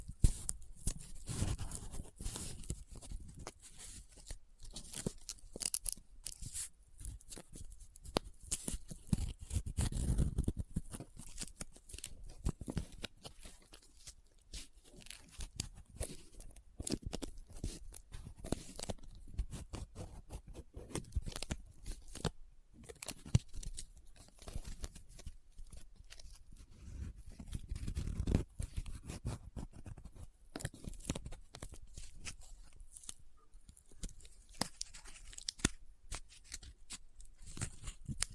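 Paper is handled up close, with constant crinkling, rubbing and scratching that crackles through the whole clip. Dense, irregular bursts of rustle come in quick succession, with heavier low thumps of folding around 10 seconds and again near 28 seconds.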